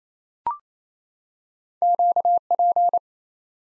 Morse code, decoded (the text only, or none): QP